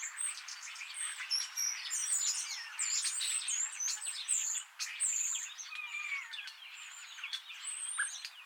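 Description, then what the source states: Starling in lively chatter: high clear whistles, rapid clicks and falling slurred notes tumbling over one another almost without a break. Several starlings.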